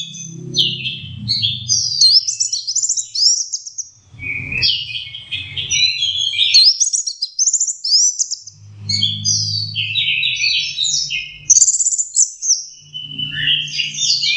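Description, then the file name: Orange-headed thrush with a long flowing song of high trills, chirps and whistled slurs in bursts, with recurring low rumbling beneath. Masteran (training) recording. "suara masteran anis merah"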